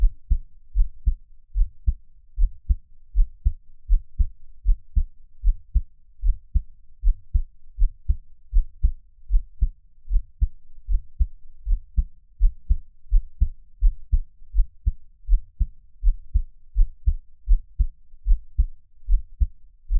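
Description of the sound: Steady low thumping of a person's own heartbeat heard up close, about 80 beats a minute, regular rhythm, no talking.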